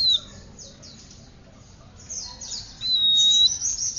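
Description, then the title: Oriental magpie-robin giving a few scratchy high notes, a quiet gap, then buzzy high phrases around a long sustained whistle. "Kacer"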